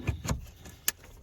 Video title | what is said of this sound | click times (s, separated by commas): VW e-golf LED c-lamp removal & installation | There, a nice click. | 0.9 s